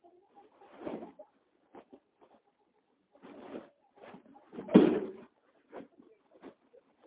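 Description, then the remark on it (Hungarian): Hens cluck in short, irregular bursts, a scattering of soft clucks broken by a few fuller, louder squawks about two-thirds through, with no one speaking. “mit eszteti be a tyúkjaim?”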